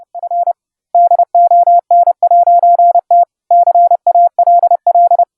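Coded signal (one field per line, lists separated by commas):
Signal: Morse code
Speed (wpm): 30 wpm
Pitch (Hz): 700 Hz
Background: none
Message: N DON'T CALL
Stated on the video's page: CW sent over the internet via Mumble, generated by a home-brew software oscillator plugin with other CW at different pitches and sidetone quality.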